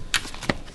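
A plastic trim cover is lined up by its tabs and pushed hard into a car dashboard panel, snapping into place at 0.1 s; it is seated and good to go. A second sharp click follows around 0.5 s. A cover that doesn't snap in means the wiring needs re-routing.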